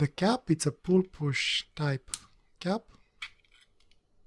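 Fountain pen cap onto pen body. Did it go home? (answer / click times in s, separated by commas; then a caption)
no / none. Someone talks about the push-pull cap of a HongDian A3 fountain pen while the cap is handled near the pen body, with a few faint light ticks after about 3.2 seconds. The cap has not been pushed home onto the pen yet, so nothing has seated or clicked shut.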